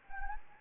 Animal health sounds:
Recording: mosquito wingbeat signal from an infrared sensor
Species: Anopheles gambiae

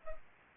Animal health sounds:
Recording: mosquito wingbeat signal from an infrared sensor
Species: Culex pipiens

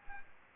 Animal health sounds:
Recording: mosquito wingbeat signal from an infrared sensor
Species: Anopheles arabiensis

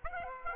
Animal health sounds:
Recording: mosquito wingbeat signal from an infrared sensor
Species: Aedes aegypti

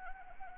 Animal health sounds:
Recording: mosquito wingbeat signal from an infrared sensor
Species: Anopheles arabiensis

